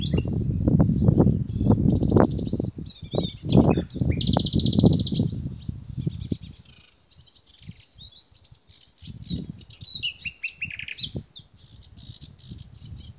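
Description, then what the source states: Birds: busy high twittering and a buzzy trill from birds, over strong low croaking that fades midway and then returns. Spring twittering of birds somewhere around Odra, with frogs croaking on the Lomnica canal, 10 May 2020.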